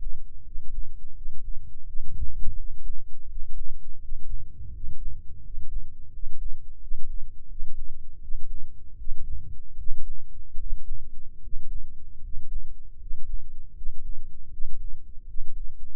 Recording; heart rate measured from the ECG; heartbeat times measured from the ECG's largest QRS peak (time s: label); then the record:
heart sounds by microphone in the left ear; 81 bpm
0.41 s: heartbeat
1.12 s: heartbeat
1.83 s: heartbeat
2.54 s: heartbeat
3.25 s: heartbeat
3.98 s: heartbeat
4.70 s: heartbeat
5.40 s: heartbeat
6.09 s: heartbeat
6.77 s: heartbeat
7.46 s: heartbeat
8.18 s: heartbeat
8.95 s: heartbeat
9.75 s: heartbeat
10.56 s: heartbeat
11.39 s: heartbeat
12.19 s: heartbeat
12.97 s: heartbeat
13.72 s: heartbeat
14.48 s: heartbeat
15.24 s: heartbeat
From the record:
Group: healthy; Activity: cold pressor test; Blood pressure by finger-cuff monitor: 106/74 mmHg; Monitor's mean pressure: 81 mmHg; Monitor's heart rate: 79 bpm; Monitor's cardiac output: 6.8 L/min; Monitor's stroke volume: 86 mL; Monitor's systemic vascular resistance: 850 dyn s/cm5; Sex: male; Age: 23 years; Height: 178 cm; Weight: 96.6 kg